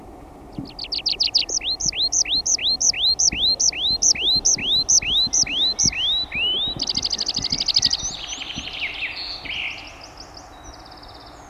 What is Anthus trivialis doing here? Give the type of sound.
song